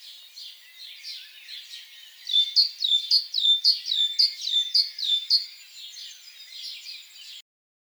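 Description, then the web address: Great tit sings one bout of sharp repeated notes about twice per second, with fainter similar notes before and after. "SETE data Parus major"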